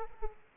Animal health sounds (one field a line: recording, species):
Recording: mosquito wingbeat signal from an infrared sensor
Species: Aedes aegypti